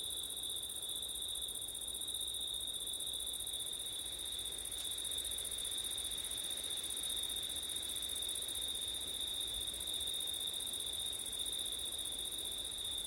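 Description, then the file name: Unceasing high-pitched cricket trills in two layered bands, steady and monotonous from start to finish. Crickets at night in September, with wind; ORTF microphone setup. "crickets wind september night ortif"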